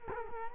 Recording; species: mosquito wingbeat signal from an infrared sensor; Culex quinquefasciatus